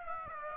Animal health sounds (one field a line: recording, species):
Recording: mosquito wingbeat signal from an infrared sensor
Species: Aedes aegypti